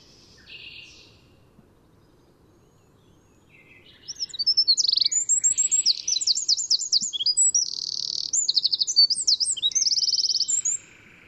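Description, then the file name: Eurasian wren song, a faint note early on followed by a seven-second torrent of piercing high notes and rapid trills. "Troglodytes troglodytes"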